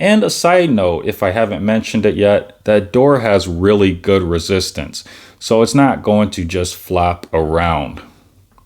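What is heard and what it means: The hinged plastic camera cover door, felt-lined on the inside and doubling as a kickstand, on an iPhone 15 Supcase UB Mag XT phone case is handled over the lenses while someone talks, noting the door has good resistance so it won't flap around. The door has not clicked shut yet; nothing has seated by the end of the clip.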